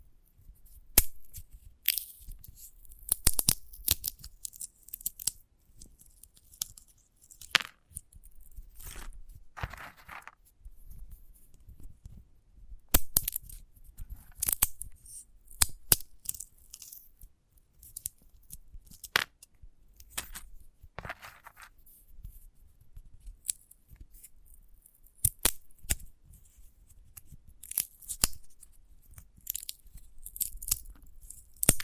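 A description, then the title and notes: Dry crackling and snapping from a sunflower head being handled, irregular bursts of crisp clicks and scratches with brief quiet gaps throughout. ASMR of a Sunflower Head (No Talking).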